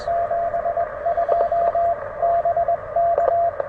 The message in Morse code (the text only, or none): 72 BK